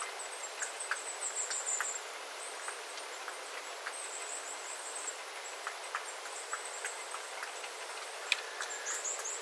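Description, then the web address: Small birds giving faint, very high, thin calls in loose bursts, accompanied by steady ticks of water dripping. Small flock of birds calling, recorded 9 September 2025 after rain, with water dripping from the eaves. "paivat 9 9 2025 pikkulintuparven aantelya vesi tippuu raystaalta sateen jalkeen"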